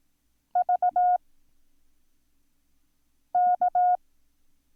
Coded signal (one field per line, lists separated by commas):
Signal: Morse code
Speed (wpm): 18 wpm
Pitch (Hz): 720 Hz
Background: none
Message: VK